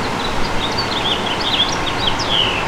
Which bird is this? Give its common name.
House Finch